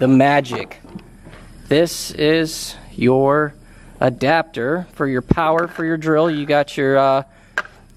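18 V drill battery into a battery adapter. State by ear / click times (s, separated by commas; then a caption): seated / 7.6 s. Someone talks while handling an 18 V drill battery and a plastic battery adapter for a ride-on toy car, then the battery is pushed onto the adapter. A sharp, loud hit at 7.6 s is the battery clicking into the adapter, and it is seated.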